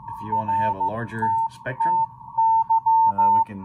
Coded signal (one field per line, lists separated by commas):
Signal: Morse code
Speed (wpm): 15 wpm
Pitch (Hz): 900 Hz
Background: speech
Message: RTTY